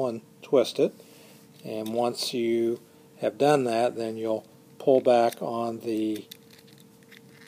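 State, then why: Not seated. Someone talks while handling a lancing device, getting ready to pull back the plastic plunger at its back until the cocking mechanism latches, to make sure it is latched. Only a few faint, brief ticks are heard near the end, and the clip stops before the plunger latches, so nothing has clicked into place yet.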